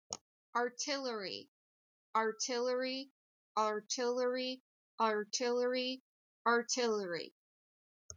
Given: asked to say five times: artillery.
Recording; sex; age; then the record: repeated word; female; 30 to 39 years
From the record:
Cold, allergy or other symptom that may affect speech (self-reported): no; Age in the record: 37 years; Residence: Ohio, United States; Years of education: 16